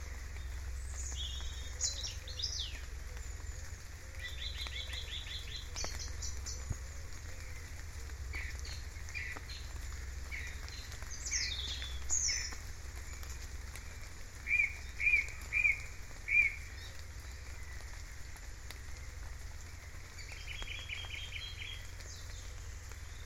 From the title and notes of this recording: Rain & Birdsong - Ranworth Broad, Norfolk 2015. 1530.